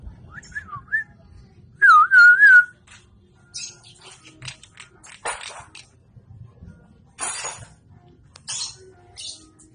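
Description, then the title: Nias hill myna giving loud looping whistles, then scattered harsh rasps and clicks. Prolific (gacor), very loud (super gledek) singing, intended as a masteran model for training other songbirds. "Burung Jalak Nias Gacor Suara Super Gledek Untuk Masteran"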